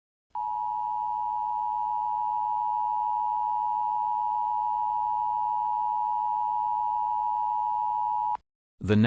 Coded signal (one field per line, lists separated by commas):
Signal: Emergency Alert System (SAME) tones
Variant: 853 and 960 Hz attention tone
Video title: Chaotic Weather: An EAS Scenario